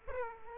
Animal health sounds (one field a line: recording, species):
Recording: mosquito wingbeat signal from an infrared sensor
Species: Aedes aegypti